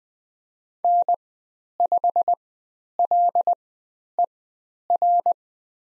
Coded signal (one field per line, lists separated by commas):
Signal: Morse code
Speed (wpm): 20 wpm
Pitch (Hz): 700 Hz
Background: none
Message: N5LER